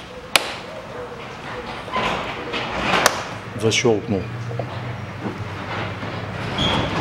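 On a 2008 Audi Q7 3.0 diesel, the plastic air filter housing lid is set into its slots on the engine air box, and its two spring latch clips are snapped shut. Two sharp, loud clicks land at 0.4 s and 3.1 s while someone talks, and the lid is seated with both latches closed.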